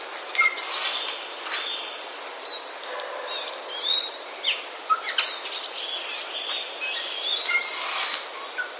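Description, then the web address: Eurasian jay chattering in uneven bursts of clicks, squeaks and short whistled notes, with a faint steady hiss behind. Chatter of jays, recorded 31 March 2013. "wroblowe kolekcja szczebiotsojek 31 03 2013"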